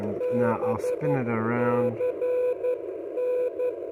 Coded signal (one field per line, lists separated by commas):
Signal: Morse code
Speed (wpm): 11 wpm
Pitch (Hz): 500 Hz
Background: speech, radio noise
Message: BCN